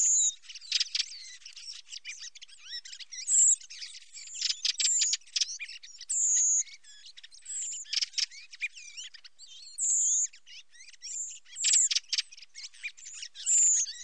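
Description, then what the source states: Common blackbird, a busy stream of sharp ticks and chattering notes broken by several long, high, thin whistles. Filtered, at Sassello.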